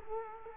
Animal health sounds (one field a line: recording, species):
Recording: mosquito wingbeat signal from an infrared sensor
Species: Culex quinquefasciatus